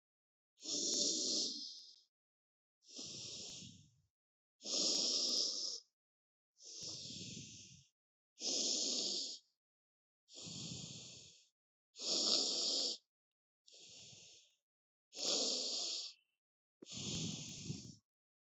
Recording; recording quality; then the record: deep breathing; excellent, no background noise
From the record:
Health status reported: COVID-19 positive, mild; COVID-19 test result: positive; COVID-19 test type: RT-PCR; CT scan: not taken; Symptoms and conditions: fever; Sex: female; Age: 23 years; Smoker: yes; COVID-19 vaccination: both doses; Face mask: not worn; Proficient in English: yes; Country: India